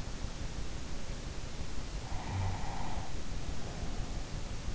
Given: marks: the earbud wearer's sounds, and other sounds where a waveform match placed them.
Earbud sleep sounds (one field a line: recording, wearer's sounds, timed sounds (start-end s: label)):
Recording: sounds in sleep by an in-ear microphone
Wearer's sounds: snoring breath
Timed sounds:
1.98-3.24 s: snoring breath